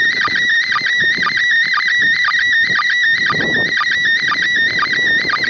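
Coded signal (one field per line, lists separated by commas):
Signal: SSTV (slow-scan television)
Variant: PD 120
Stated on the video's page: ISS MAI-75 SSTV images in PD120 mode, received from the International Space Station on a TH-D74E with an Arrow-2 antenna.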